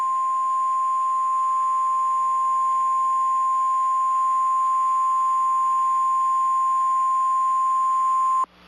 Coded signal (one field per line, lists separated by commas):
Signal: Emergency Alert System (SAME) tones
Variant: 1050 Hz attention tone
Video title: EAS During Steven Universe Future (February 27 2023)